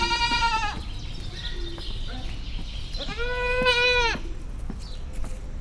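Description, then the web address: Goat bleats: two bleats about three seconds apart, with light clicks and soft background noise between them. Recorded in the farmyard section of Szeged Zoo in 2011. "allathangok szegedizoo 2011 standardt parasztudvar mudikecske"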